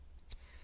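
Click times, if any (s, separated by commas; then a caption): 0.3 s. The release wheel on a closed folding knife is spun until the handles disengage, giving a single sharp click at 0.3 s against a low, steady background hum. The click is the cue that the handles have come free.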